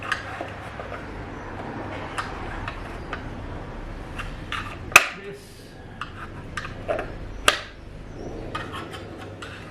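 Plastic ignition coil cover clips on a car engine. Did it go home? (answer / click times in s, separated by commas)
released / 5.0 s, 7.5 s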